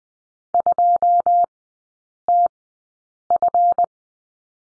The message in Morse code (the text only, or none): 2TF